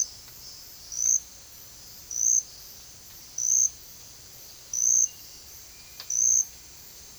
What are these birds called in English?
none